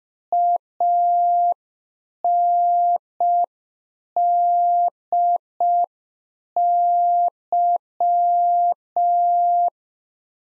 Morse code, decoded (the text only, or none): ANDY